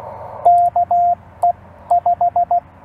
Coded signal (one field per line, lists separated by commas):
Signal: Morse code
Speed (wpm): 18 wpm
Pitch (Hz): 700 Hz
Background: radio noise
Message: KE 5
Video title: CW Copy Practice and Surprise meet up with Michael N7CCD